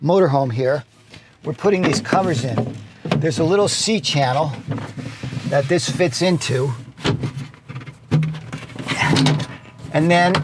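Someone talks while lining a window cover up with the small C channel on the wall of a luxury 4x4 Sprinter motorhome built by Humble Road and fitting it in. Light contact sounds are heard around 7.5 to 8.8 seconds. The cover has not locked or clicked into place yet.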